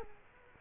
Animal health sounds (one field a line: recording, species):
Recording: mosquito wingbeat signal from an infrared sensor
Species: Culex quinquefasciatus